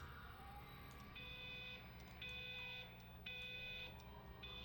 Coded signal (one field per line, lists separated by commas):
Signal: none